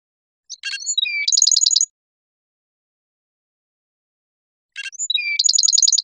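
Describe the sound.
Black-throated sparrow sings two songs about four seconds apart, each starting with a stuttering chip and thin whistles, then finishing in a quick ringing trill.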